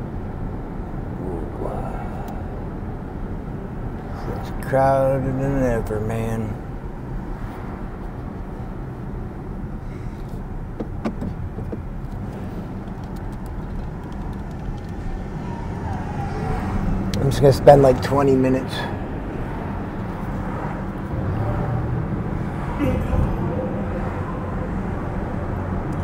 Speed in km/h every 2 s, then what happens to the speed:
29, 27, 27, 26, 23, 18, 23, 21, 23, 29, 31, 32, 37.
0-11 slows to 18. 15-26 speeds up to 37.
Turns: none.